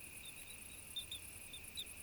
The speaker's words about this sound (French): Je consacre cette soirée à l'écoute et à l'enregistrement du grillon titanambulant, Egrilodes pipiens, que je préfère appeler le grillon clochette. Vous comprendrez en écoutant ce chant pourquoi je préfère ce petit surnom.